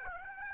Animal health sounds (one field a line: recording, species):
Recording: mosquito wingbeat signal from an infrared sensor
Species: Aedes aegypti